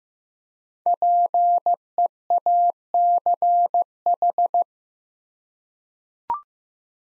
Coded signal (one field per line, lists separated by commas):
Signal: Morse code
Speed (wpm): 15 wpm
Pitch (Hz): 700 Hz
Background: none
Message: PEACH